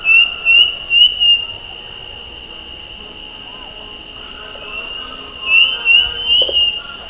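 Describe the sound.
Bird whistling two bursts of four quick rising notes, one at the start and one near the end, with a quiet hissing pause between.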